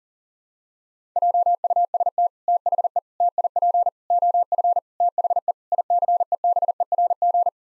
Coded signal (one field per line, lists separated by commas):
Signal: Morse code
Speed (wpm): 40 wpm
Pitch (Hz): 700 Hz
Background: none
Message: JUST THE TIP OF THE ICEBERG